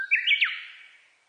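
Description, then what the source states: Japanese bush warbler song ending: a brief whistled note followed by a rapid two-step rising flourish and a sharp downward slur, with a lingering echo. Recorded on 29 April 2001.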